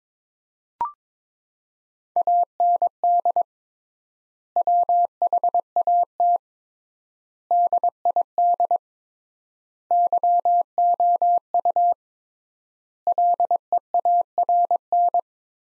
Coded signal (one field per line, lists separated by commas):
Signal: Morse code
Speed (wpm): 21 wpm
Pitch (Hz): 700 Hz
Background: none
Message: AND WHAT DID YOU LEARN